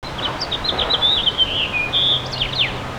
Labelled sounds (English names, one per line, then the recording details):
House Finch song
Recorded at Babylon on Long Island, New York, on 18 May 2013
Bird C